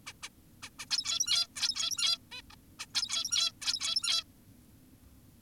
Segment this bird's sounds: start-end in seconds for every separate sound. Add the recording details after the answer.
0.07-0.13, 0.23-0.29, 0.63-0.70, 0.79-0.86, 0.91-1.47, 1.56-2.18, 2.32-2.42, 2.79-2.86, 2.95-3.52, 3.62-4.24. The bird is an adult. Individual g17y2U